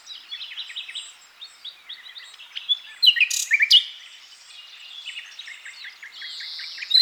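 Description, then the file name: Common nightingale song: quieter scattered chirps and clicks broken by a brief loud burst of harsh notes, then soft twittering with a short whistle. "Luscinia megarhynchos"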